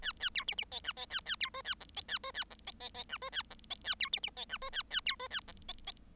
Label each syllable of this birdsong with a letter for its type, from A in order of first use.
A A B C C D E D A A B F A G D A F A G D D D E F A G D A B C C D E F A A B F A G D D